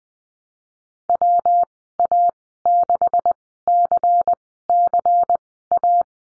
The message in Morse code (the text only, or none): WA6CCA